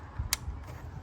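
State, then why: Seated. The other side of a Fisker Ocean hood emblem light wiring harness is pushed into its car wiring connector until it clips. A sharp, bright click comes at 0.3 s over a low background rumble, followed by a few weaker hits. The connector is seated.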